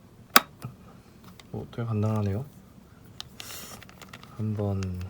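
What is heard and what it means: A beater whisk is pushed into the socket of a hand mixer body and seats with a sharp, loud click at 0.4 s. A few fainter ticks and a brief rustle follow, and someone talks.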